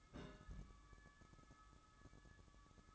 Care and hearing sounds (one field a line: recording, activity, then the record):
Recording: daily activity, microphone in the room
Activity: place on stove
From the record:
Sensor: 3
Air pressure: 1008.0 hPa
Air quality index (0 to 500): 119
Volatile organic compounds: 2 ppm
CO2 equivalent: 989 ppm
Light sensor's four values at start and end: 8/20/8/8 and 8/20/8/8